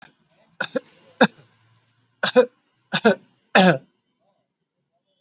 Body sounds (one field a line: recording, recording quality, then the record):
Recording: shallow voluntary cough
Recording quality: excellent, no background noise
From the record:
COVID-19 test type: RT-PCR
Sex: male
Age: 39 years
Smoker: yes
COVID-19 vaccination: both doses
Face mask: worn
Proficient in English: yes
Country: India